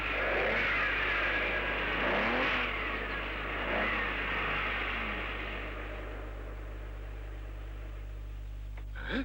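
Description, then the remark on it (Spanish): A car engine revs hard and accelerates, its pitch sweeping up and down as it roars past on a road at about 200 km/h, then the loud rush fades away to near silence over several seconds; from the 1966 film James Tont, Operación U.N.O. “Si me ha pasado 200 por hora. Y tú eres un coche.”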